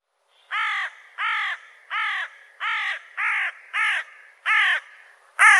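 Bird giving harsh, hoarse caws, eight in a row at a steady pace of about one every two-thirds of a second, the last one louder.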